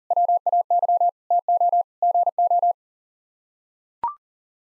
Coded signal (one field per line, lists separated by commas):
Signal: Morse code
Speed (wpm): 37 wpm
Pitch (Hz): 700 Hz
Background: none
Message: WAY TO GO